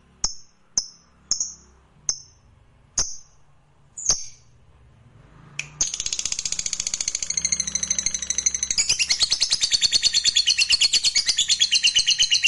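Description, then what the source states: Lovebird giving several sharp, separate high chirps, then breaking into a long, loud, rapidly pulsing chattering song that builds in intensity. Fighter lovebird, gacor (singing energetically).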